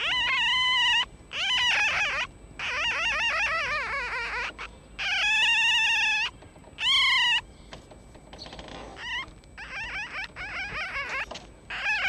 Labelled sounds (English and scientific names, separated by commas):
Red Fox (Vulpes vulpes)